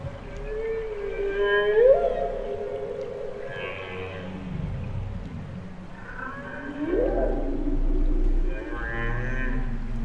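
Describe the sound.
Humpback whale song: a low moaning tone rising sharply near two seconds, then further calls, including a swelling, rising cry around seven seconds.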